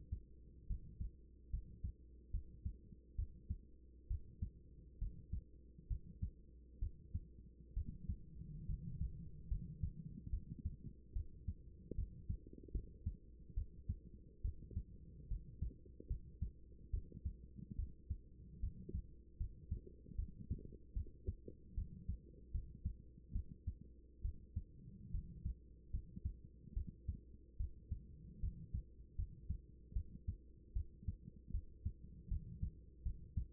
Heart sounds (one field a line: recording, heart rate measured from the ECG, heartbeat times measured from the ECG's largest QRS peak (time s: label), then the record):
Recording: heart sounds by stethoscope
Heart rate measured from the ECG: 72 bpm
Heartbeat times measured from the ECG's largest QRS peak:
0.67 s: heartbeat
1.50 s: heartbeat
2.31 s: heartbeat
3.16 s: heartbeat
4.07 s: heartbeat
4.98 s: heartbeat
5.87 s: heartbeat
6.79 s: heartbeat
7.74 s: heartbeat
8.66 s: heartbeat
9.48 s: heartbeat
10.30 s: heartbeat
11.13 s: heartbeat
11.95 s: heartbeat
12.71 s: heartbeat
13.54 s: heartbeat
14.41 s: heartbeat
15.28 s: heartbeat
16.07 s: heartbeat
16.90 s: heartbeat
17.76 s: heartbeat
18.60 s: heartbeat
19.37 s: heartbeat
20.15 s: heartbeat
20.93 s: heartbeat
21.74 s: heartbeat
22.51 s: heartbeat
23.32 s: heartbeat
24.21 s: heartbeat
25.11 s: heartbeat
25.90 s: heartbeat
26.73 s: heartbeat
27.57 s: heartbeat
28.40 s: heartbeat
29.15 s: heartbeat
29.93 s: heartbeat
30.73 s: heartbeat
31.51 s: heartbeat
32.28 s: heartbeat
33.03 s: heartbeat
From the record:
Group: healthy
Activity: cold pressor test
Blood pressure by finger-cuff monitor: 106/62 mmHg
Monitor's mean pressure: 80 mmHg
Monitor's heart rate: 72 bpm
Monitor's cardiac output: 6.4 L/min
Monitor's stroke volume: 89 mL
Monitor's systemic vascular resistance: 910 dyn s/cm5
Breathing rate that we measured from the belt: 17 breaths a minute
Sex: female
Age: 24 years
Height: 163 cm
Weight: 55.7 kg